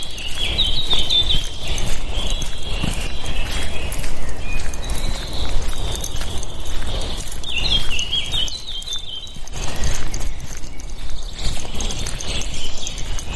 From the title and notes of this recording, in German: Morgens mit dem Hund raus. Ein Spaziergang im Wald mit Hund, begleitet von vielen Vögeln.